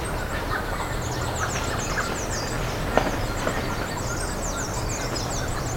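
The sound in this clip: Bird calls of quick, high falling chirps in loose runs, with one sharp click near the middle and persistent low hum and hiss.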